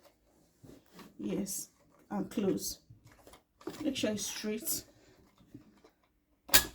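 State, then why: Seated. A Jaden thermal printer's plastic cover is closed over a label roll that has been loaded between the guides and checked to be straight, while someone talks. The cover latches shut with one sharp click at 6.6 s, and the lid is seated closed.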